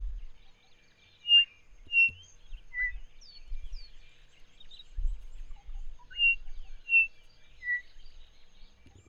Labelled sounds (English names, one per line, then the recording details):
Chinspot Batis
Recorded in northern Uganda